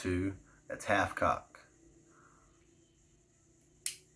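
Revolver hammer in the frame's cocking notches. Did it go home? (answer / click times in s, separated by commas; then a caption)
yes / 3.9 s. Someone talks as the hammer of a Heritage .22 revolver is drawn back further in the frame's cocking notches. A sharp metallic click is heard at 3.9 s as the hammer seats into the third notch.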